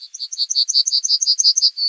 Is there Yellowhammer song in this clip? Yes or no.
yes